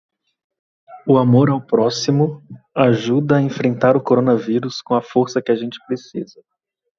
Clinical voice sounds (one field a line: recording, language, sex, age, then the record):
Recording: spoken sentence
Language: Brazilian Portuguese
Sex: male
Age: 30 to 39 years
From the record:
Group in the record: control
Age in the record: 39 years